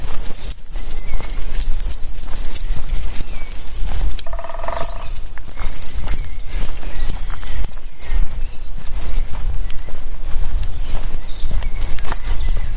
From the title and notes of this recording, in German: Ein Spaziergang im Wald zum ersten Mal aufgenommen mit dem Shure MV88.